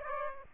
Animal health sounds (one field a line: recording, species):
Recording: mosquito wingbeat signal from an infrared sensor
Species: Aedes aegypti